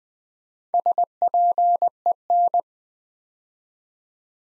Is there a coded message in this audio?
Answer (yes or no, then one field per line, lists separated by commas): yes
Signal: Morse code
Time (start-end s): 0.7-2.6 s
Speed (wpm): 20 wpm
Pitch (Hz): 700 Hz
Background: none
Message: SPEN